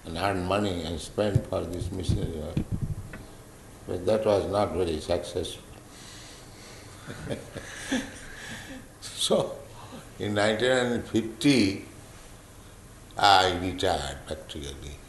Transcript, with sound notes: and earn money and spend for this missionary work, but that was not very successful. [laughs] So in 1950, I retired practically.